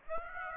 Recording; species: mosquito wingbeat signal from an infrared sensor; Aedes aegypti